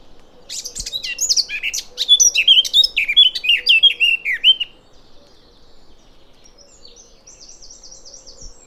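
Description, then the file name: Eurasian blackcap singing a rich, fast warble of varied whistled and scratchy notes for about four seconds; faint high repeated notes follow later. "Sylvia atricapilla"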